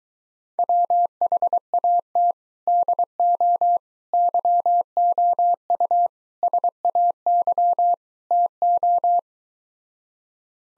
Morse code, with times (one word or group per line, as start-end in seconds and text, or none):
0.6-2.3 WHAT
2.7-3.8 DO
4.1-6.1 YOU
6.4-7.9 SAY
8.3-9.2 TO